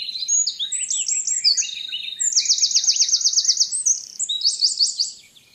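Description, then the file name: Eurasian wren singing a rapid, forceful burst of high twitters running into a fast metallic trill, then a last quick flourish before fading. "Troglodytes troglodytes"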